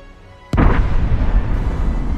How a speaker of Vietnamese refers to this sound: Bùng lên một tiếng, giống như người ta ném mồi lửa vào thùng xăng. Các người con tà vật lẫn thầy Nghĩa chìm trong hỏa diễm của đạo bùa.